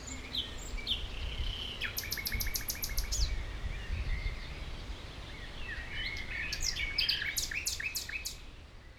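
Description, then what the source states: Common nightingale delivering rapid series of loud repeated clicks and chattering trills mixed with whistles, with a noticeable low rumble of background noise throughout. By Heidekampgraben along the Mauerweg, former Berlin Wall area, Berlin, Germany; Sony PCM D50 with Primo EM172 microphones.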